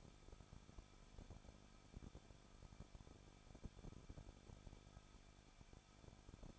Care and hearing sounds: daily activity, microphone in the room; no activity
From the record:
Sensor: 5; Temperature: 20.9 degrees Celsius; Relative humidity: 38.2%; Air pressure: 1006.4 hPa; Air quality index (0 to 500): 187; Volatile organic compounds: 18 ppm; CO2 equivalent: 2624 ppm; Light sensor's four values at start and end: 2/3/1/1 and 2/3/1/1

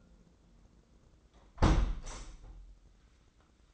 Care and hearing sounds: daily activity, microphone in the room; close window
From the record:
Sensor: 3

